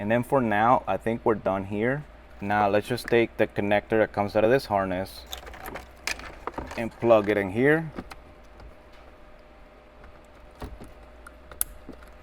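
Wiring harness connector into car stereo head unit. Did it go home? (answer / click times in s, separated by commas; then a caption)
yes / 11.6 s. Someone talks, then a wiring harness connector is plugged into the back of a Binize Android 13 car stereo head unit being installed in a 2012–2017 Toyota Prius V. After some light handling noises, the connector seats with a sharp click at 11.6 s.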